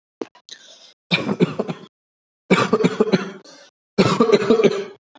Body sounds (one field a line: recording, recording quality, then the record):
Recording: shallow voluntary cough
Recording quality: excellent, no background noise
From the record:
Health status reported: healthy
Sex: male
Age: 34 years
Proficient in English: yes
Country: India